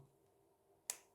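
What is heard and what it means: A folding pocket knife's steel blade locks open as its metal locking bar snaps behind the blade in the handle. A single sharp, bright click sounds at 0.9 s against a quiet background. The blade is seated and locked in place.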